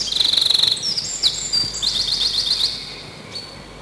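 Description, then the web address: Eurasian wren song, a loud rapid high trill followed by sharp varied notes and another fast rattling trill, over steady background hiss. Recorded in spring. "vremena vesna krapivnik"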